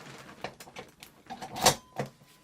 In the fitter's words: until you hear that satisfying snap and then you will have something that looks like this